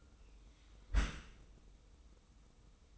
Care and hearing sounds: daily activity, microphone in the room; close dishwasher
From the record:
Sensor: 1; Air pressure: 990.5 hPa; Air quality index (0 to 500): 178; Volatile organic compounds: 1000 ppm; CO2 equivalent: 6552 ppm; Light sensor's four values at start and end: 24/56/24/26 and 24/56/24/26

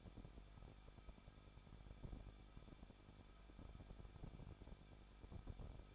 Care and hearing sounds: daily activity, microphone in the room; no activity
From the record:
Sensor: 5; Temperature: 20.9 degrees Celsius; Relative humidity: 38.2%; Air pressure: 1006.4 hPa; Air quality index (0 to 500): 187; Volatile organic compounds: 18 ppm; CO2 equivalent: 2626 ppm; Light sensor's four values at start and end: 2/3/1/1 and 2/3/1/1

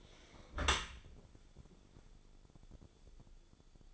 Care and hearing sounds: daily activity, microphone in the room; close dishwasher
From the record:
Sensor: 5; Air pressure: 1015.0 hPa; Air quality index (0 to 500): 139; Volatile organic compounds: 3 ppm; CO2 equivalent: 1500 ppm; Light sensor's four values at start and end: 37/88/36/38 and 38/90/37/40

